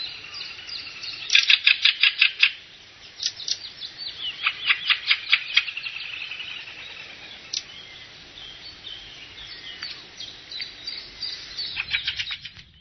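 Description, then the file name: Fieldfare chattering: quick runs of harsh, dry chack notes, with quieter chatter between. "kramsvogel"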